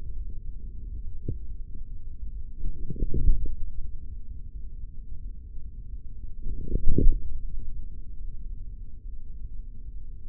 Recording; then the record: forearm muscle sounds (acoustic myography)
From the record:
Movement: forearm pronation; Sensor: system 3, bracelet of six PUI Audio POM-2738L microphones around the upper forearm, with dedicated amplification and filtering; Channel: 2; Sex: male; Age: 56 years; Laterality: right